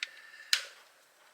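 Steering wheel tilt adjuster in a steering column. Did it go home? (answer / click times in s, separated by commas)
yes / 0.0 s, 0.5 s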